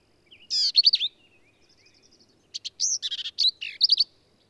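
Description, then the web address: Black-capped vireo singing a rapid, varied phrase of squeaky slurs and buzzy chips, then a longer run of chattering, scratchy notes after a quiet gap. "birdsongforthecurious songs Black-capped Vireo"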